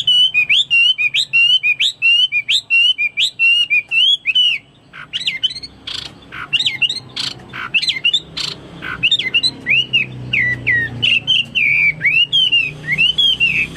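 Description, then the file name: Chinese hwamei song: long run of loud looping whistled notes, repeated rapidly, with a middle stretch of sharp clicks and varied phrases. "omkicau hwamei"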